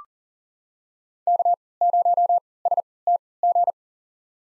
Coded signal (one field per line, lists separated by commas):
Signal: Morse code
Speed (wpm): 40 wpm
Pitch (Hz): 700 Hz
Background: none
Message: K0STG